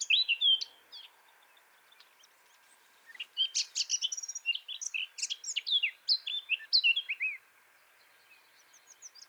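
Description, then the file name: Eurasian blackcap song: a brief warbled phrase, a pause, then a long bright run of varied chattering and fluty notes, ending in quieter scattered notes. "Sylvia atricapilla"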